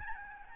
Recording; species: mosquito wingbeat signal from an infrared sensor; Aedes albopictus